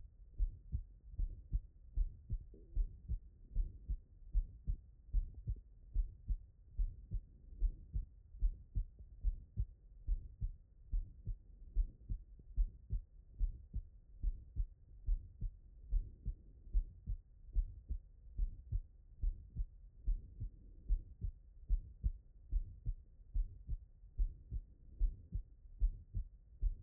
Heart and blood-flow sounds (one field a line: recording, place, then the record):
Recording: heart sounds by stethoscope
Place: tricuspid valve (TV)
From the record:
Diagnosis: non-HFrEF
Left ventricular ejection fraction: 56%